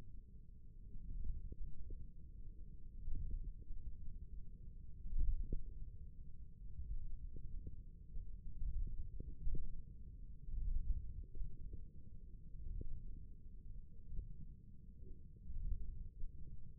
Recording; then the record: forearm muscle sounds (acoustic myography)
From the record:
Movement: ulnar deviation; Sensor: system 1, eight BSWA MPA416 microphones around the upper forearm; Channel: 1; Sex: male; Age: 28 years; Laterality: right